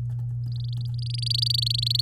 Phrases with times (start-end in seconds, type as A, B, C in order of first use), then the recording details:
0.52-2.01 A. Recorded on 8 May 2018 at 11:50. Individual llb16